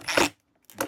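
A small plastic retaining clip is fitted onto the handle/body assembly of a 2023 Ridgid HD0600 6-gallon shop vacuum to finish putting it together. A broad rustling scrape fills the first 0.3 s, then after a quiet gap two sharp snaps land close together at 0.7 s and 0.8 s. The clip seats in place and the vacuum is completely assembled.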